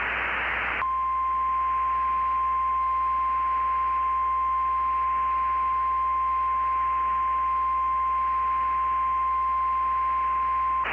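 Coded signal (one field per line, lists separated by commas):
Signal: Emergency Alert System (SAME) tones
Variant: 1050 Hz attention tone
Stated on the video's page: Recreational mock civil emergency message for flash flooding, not a real alert.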